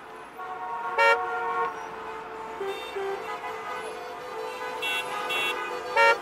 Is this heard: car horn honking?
yes